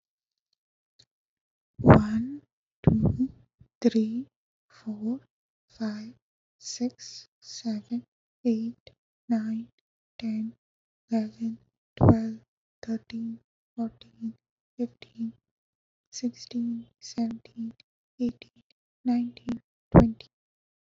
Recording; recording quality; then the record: counting at a normal pace; excellent, no background noise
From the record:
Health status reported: healthy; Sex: female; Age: 24 years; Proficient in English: yes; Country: India